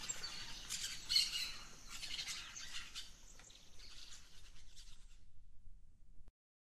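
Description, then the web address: Birds chirping in a busy chorus that gradually fades, then cuts to silence near the end. Dawn chorus of rainforest birds, Gran Sabana, Venezuela. "naturescapes Birds in the Rainforest Dawn Venezuela Gran Sabana"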